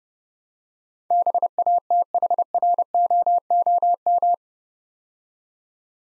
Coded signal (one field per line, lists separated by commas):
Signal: Morse code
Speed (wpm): 28 wpm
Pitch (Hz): 700 Hz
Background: none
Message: BATHROOM